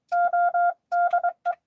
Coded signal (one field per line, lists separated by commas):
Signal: Morse code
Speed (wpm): 23 wpm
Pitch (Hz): 700 Hz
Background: none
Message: ODE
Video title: N2AKJ is live! Doing parks on the air at nessequogue river state park us-2114 #pota #cw